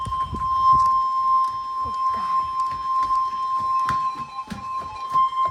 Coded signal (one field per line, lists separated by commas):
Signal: Emergency Alert System (SAME) tones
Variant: 1050 Hz attention tone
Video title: NOAA EAS severe thunderstorm warning for Lincoln county ￼(near my area!)